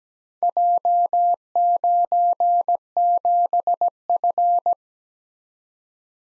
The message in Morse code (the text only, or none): J97F